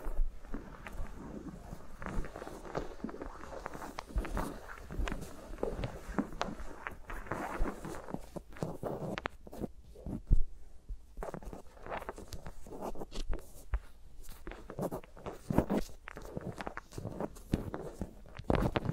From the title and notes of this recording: ASMR with Mics Around My Fingers (No Talking).